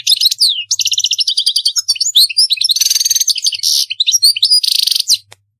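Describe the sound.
European goldfinch song, a fast continuous jumble of high twittering notes, trills and buzzy rattles running almost unbroken for five seconds.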